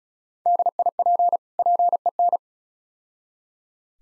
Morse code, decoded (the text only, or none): DIP PEN